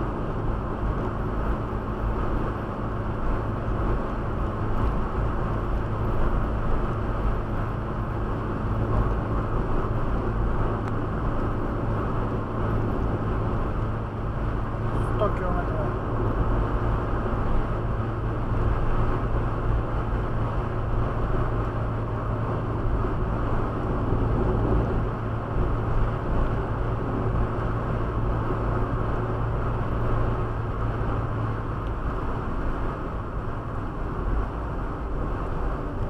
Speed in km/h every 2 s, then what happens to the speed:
101, 101, 102, 102, 103, 103, 103, 104, 105, 106, 106, 106, 106, 107, 107, 107, 98, 93.
0-30 steady at about 104. 30-36 slows to 93.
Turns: none.